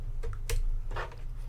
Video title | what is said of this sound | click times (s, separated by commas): BenQ PD3200U 4K Monitor Unboxing | Had a nice little click to plug in there. | 0.5 s